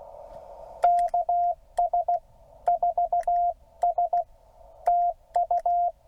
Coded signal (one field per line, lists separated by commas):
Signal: Morse code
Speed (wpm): 16 wpm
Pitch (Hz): 700 Hz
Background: none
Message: KS4S TU